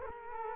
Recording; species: mosquito wingbeat signal from an infrared sensor; Culex quinquefasciatus